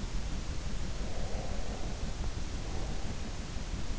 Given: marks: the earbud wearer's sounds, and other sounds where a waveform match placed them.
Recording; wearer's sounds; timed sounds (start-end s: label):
sounds in sleep by an in-ear microphone; breath
0.84-3.49 s: breath